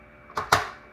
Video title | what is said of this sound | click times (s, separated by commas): Friday Night Feast Philly Cheese Stuffler - Surprise Dessert - Fajita Marinade | and then it locks in place on the side here and then all you do | 0.4 s, 0.5 s